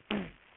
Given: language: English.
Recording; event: throat vibration sensor signal played as sound; throat clearing